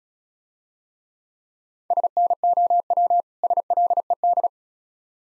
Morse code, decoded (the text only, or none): SNOW SLED